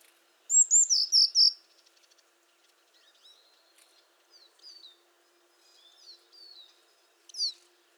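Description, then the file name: Eurasian blue tit giving one quick high phrase: thin sharp notes sliding down into a short run of lower repeated notes, followed by faint scattered chirps. "Cyanistes caeruleus"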